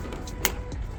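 A weatherstrip trim clip on a Civic car door is pressed into place and snaps home with a sharp click at 0.4 s, leaving it seated. Faint background noise surrounds the click.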